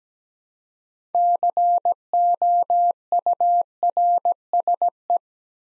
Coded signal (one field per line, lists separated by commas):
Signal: Morse code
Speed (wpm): 17 wpm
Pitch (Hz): 700 Hz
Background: none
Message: COURSE